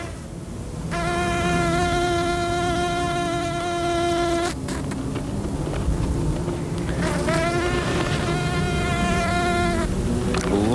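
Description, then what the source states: Bee flight buzz: a shrill, whining buzz with many harmonics, steady for about three and a half seconds, then returning in a second bout after a pause, over low background rumble. Shrill buzzing, heard with a bit of luck in the dunes of Zandvoort; races hastily from flower to flower.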